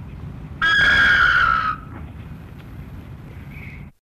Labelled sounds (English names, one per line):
Red-naped Ibis call